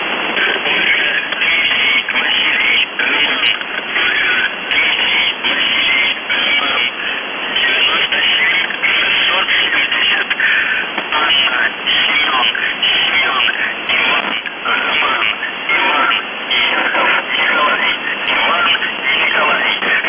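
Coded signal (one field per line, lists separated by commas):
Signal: numbers station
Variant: UVB-76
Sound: a voice reading a message through heavy shortwave hiss and fading, no buzzer heard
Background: radio static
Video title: The Buzzer/UVB-76(4625Khz) July 10, 2021 13:03UTC Voice message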